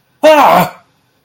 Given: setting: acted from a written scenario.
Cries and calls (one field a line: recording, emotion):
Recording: vocal sound without words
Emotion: fear